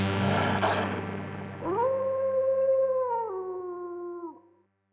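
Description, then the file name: Golden jackal howling, a single drawn-out wavering note that rises, holds steady, then drops away, over a steady low hum. "szakal"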